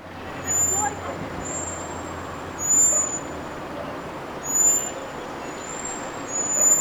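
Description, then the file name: Common blackbird calling with high, thin, drawn-out whistles repeated roughly every second or two, set against constant low rushing background noise. "Turdus merula"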